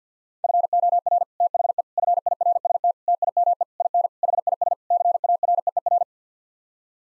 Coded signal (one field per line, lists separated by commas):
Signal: Morse code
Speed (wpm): 50 wpm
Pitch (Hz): 700 Hz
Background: none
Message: FOR THE FIRST TIME IN HIS CAREER